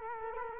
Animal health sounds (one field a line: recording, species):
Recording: mosquito wingbeat signal from an infrared sensor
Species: Culex quinquefasciatus